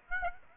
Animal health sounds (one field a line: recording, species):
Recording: mosquito wingbeat signal from an infrared sensor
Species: Aedes aegypti